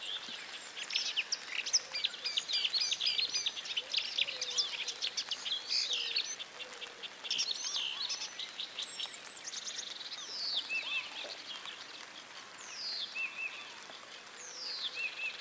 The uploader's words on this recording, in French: Ambiance de Finlance par Jean Louis SICAUD. Sur des sites naturels de la région d'illomantsi en Finlande à la découverte des ambiances et oiseaux présents en cette saison.